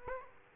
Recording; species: mosquito wingbeat signal from an infrared sensor; Aedes aegypti